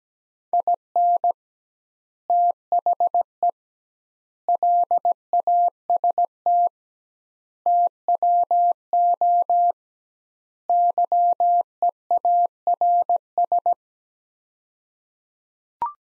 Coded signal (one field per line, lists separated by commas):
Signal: Morse code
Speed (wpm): 17 wpm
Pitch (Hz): 700 Hz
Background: none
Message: IN THE LAST TWO YEARS